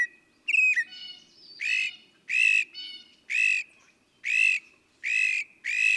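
Northern mockingbird singing: a few whistled notes and chatter, then harsh buzzy squawks repeated several times.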